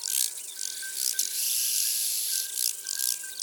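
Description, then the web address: Large banded grasshopper producing a continuous dry, hissy buzz that swells in the middle, with faint bird calls behind. "Arcyptere bariolee. abc de la nature"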